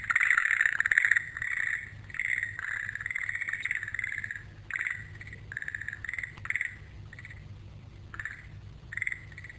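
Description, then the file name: Frog giving rough, rasping calls, loud at first and thinning out into spaced single calls over a low background rumble. "kaeru"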